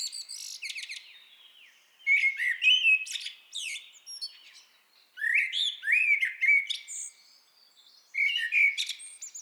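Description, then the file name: Common blackbird song: mellow whistled phrases broken by thin high squeaks, in three or four phrases with brief silences. "Turdus merula"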